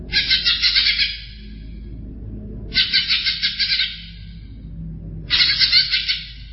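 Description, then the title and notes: Greater green leafbird singing three bright, rattling, buzzy phrases, each about a second long and spaced roughly every two and a half seconds, over low background noise. Described as a champion (juara) songbird. "Kicau Burung Cucak Ijo Juara. Suara kicauan burung cucak ijo"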